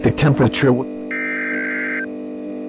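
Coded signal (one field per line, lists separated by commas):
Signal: Emergency Alert System (SAME) tones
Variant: header bursts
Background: speech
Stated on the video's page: Fictional EAS scenario, a simulated blizzard warning, not a real alert.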